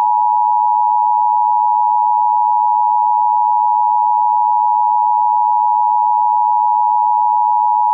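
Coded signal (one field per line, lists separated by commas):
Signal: Emergency Alert System (SAME) tones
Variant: 853 and 960 Hz attention tone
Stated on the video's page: EBS/EAS 853 and 960 Hz attention tone looped for one hour.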